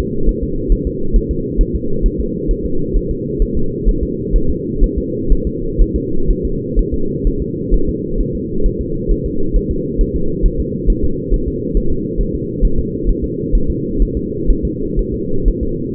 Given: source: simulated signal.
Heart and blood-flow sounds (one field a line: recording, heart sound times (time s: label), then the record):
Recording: fetal heart sounds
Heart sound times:
0.00 s: S2
0.29 s: S1
0.43 s: S2
0.72 s: S1
0.87 s: S2
1.16 s: S1
1.31 s: S2
1.61 s: S1
1.75 s: S2
2.06 s: S1
2.20 s: S2
2.51 s: S1
2.66 s: S2
2.97 s: S1
3.11 s: S2
3.42 s: S1
3.57 s: S2
3.89 s: S1
4.03 s: S2
4.36 s: S1
4.50 s: S2
4.84 s: S1
4.98 s: S2
5.32 s: S1
5.47 s: S2
5.81 s: S1
5.96 s: S2
6.31 s: S1
6.45 s: S2
6.79 s: S1
6.94 s: S2
7.27 s: S1
7.42 s: S2
7.74 s: S1
7.89 s: S2
8.21 s: S1
8.35 s: S2
8.66 s: S1
8.81 s: S2
9.12 s: S1
9.26 s: S2
9.56 s: S1
9.71 s: S2
10.01 s: S1
10.16 s: S2
10.46 s: S1
10.60 s: S2
10.90 s: S1
11.04 s: S2
11.34 s: S1
11.48 s: S2
11.77 s: S1
11.92 s: S2
12.21 s: S1
12.35 s: S2
12.65 s: S1
12.79 s: S2
13.09 s: S1
13.24 s: S2
13.55 s: S1
13.70 s: S2
14.02 s: S1
14.17 s: S2
14.50 s: S1
14.65 s: S2
14.99 s: S1
15.14 s: S2
15.48 s: S1
15.63 s: S2
From the record:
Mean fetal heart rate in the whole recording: 130 bpm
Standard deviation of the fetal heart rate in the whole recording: 4 bpm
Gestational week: 38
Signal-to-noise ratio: -8.1 dB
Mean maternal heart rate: 72 bpm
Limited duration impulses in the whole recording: absent